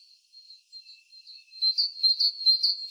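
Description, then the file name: Great tit giving high, thin calls, soft and spaced at first, then a louder, rapid run of clipped notes near the end. "Parus major"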